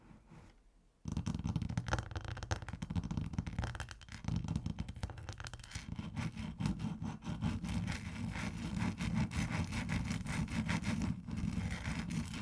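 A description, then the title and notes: Ice being tapped and scratched, starting abruptly after a second of near silence. A dense, steady grinding texture follows, with rapid irregular clicks and scrapes layered over a low rumble that continues to the end, briefly thinning around the four-second mark. ASMR Ice Tapping & Scratching (No Talking).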